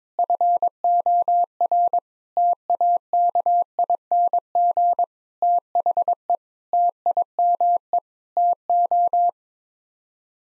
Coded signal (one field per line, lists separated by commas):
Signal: Morse code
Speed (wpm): 22 wpm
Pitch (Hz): 700 Hz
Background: none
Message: FOR TAKING THE TIME TO